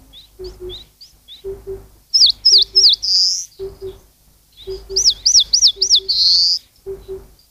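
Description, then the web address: Eastern crowned warbler singing two phrases of three or four swooping high notes, each closed by a long buzz; faint short chips between, and low double hoots recurring in the background. "sikioto. sendaimushikui"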